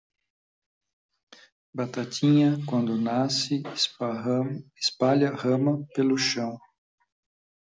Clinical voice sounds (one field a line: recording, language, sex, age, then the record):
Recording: short text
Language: Brazilian Portuguese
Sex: male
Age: 50 to 59 years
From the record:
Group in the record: control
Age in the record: 57 years